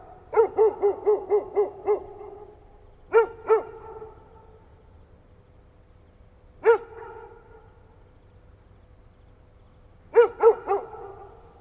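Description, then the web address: Dog barking in short bursts: a rapid run of seven barks, then a pair, a single bark, and a final cluster of three, with quiet gaps between. "Effects 02-Birds, Insects Animals. Animals dogs"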